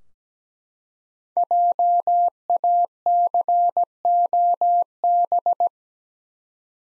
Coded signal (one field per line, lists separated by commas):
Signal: Morse code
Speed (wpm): 17 wpm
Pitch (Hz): 700 Hz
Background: none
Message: JACOB